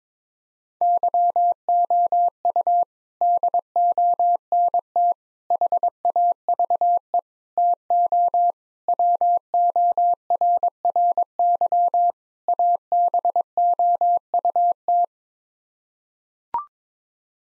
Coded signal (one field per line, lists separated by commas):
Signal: Morse code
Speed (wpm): 22 wpm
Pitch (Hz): 700 Hz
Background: none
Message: YOU DONT HAVE TO WORRY ABOUT